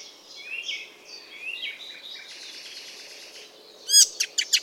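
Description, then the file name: Icterine warbler singing a soft, varied twittering phrase of thin slurred notes, ending with a loud burst of sharp notes. "Ruud van Beusekom - Zelenaya peresmeshka Hippolais icterina"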